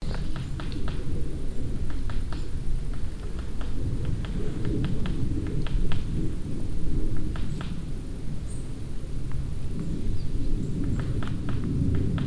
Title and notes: waldberg, forest with woodpecker. Inside the forest. The sound of a woodpecker working on an old trunk and a plane passing the sky